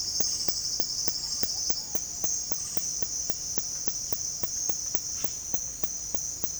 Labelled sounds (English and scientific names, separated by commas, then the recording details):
none
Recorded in dense forest near Puerto Asís, Putumayo, Colombia, on 19 February 2024 at 07:00
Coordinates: 0.487, -76.319
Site G6403